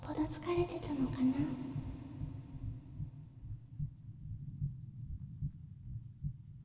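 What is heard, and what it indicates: Soft, muffled low thumps of a heartbeat heard up close, following a brief faint breathy voice-like sound at the start, with a quiet room hum underneath.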